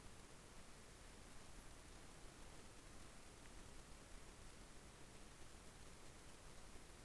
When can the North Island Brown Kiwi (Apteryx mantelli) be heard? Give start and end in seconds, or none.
none